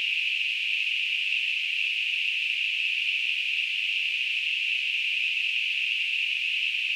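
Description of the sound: Simulated tinnitus: a steady, continuous hissing band of noise centred around 2.5–3 kHz, with no low-frequency content and an unchanging loudness throughout.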